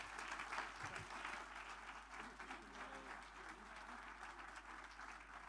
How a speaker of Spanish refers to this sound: Por favor, le pido que dé ese aplauso de alabanza al Señor.